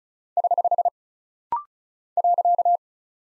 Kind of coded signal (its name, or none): Morse code